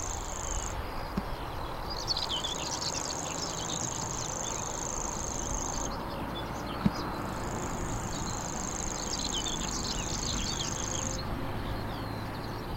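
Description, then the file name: Grasshopper warbler reeling song: a high, even, insect-like trill held for several seconds at a time, with short pauses between reels, over chirps from other birds and a low rumble. "canto da felosa malhada"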